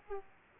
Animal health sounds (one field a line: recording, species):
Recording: mosquito wingbeat signal from an infrared sensor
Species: Aedes aegypti